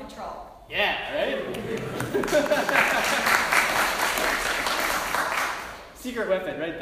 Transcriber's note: applause